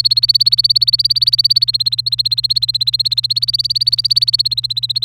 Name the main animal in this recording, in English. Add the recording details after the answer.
Domestic Canary. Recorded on 27 April 2018 at 06:27. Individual llb3